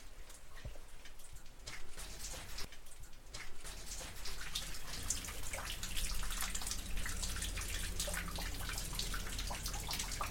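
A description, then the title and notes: Raindrops fall from ancient stones, tapping and splashing in quick, irregular bursts of bright drips. The first half is sparser, with separate drops standing out; after about five seconds the dripping thickens into a denser, steadier patter over a low rumble. Sheltering in a long barrow during a storm. We're high on the Wessex Downs. A long barrow broods on a lonely ridge – a tomb that has stood here for 5000 years. Caught in a storm while walking the Ridgeway, you are forced to shelter in the barrow's entrance, listening to the raindrops falling from the ancient stones.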